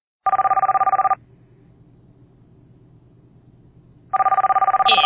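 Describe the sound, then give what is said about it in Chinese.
A telephone rings in two bursts of rapid, trilling electronic tone, separated by a few seconds of low background hum; the second ring ends with a brief higher-pitched chirp. “电话响天，我听。”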